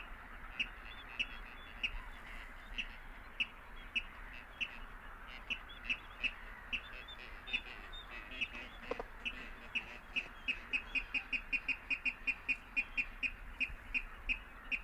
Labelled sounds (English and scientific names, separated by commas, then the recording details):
Water Rail (Rallus aquaticus) song
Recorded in the wild
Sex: male
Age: adult
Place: Kützerhof, Kummerower See, Mecklenburg-Vorpommern, DE
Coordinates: 53.8486, 12.8594
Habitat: wetland
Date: 2009-05-04 23:39
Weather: heiter, fast windstill, 6°C
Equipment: Sound Devices 702, Sennheiser MKH 70, Rycote Windschutz
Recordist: Frommolt, Karl-Heinz